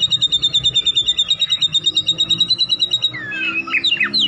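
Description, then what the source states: White-rumped shama song: a steady rapid trill of repeated high notes for three seconds, then a burst of quick whistled slurs. Training recording for cage birds; song full of varied inserted phrases with harsh bursts, easy to imitate.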